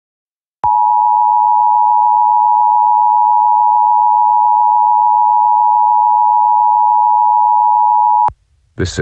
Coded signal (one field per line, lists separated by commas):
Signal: Emergency Alert System (SAME) tones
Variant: 853 and 960 Hz attention tone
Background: speech